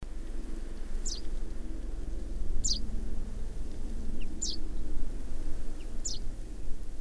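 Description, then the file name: Common chaffinch giving four bright, falling call notes spaced roughly every one and a half seconds, with fainter short notes between, against a constant low rumble. "Fringilla coelebs"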